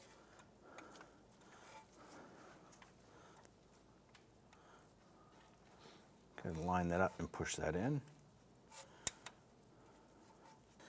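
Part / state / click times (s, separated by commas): ABS sensor harness clip into chassis bracket / seated / 9.1 s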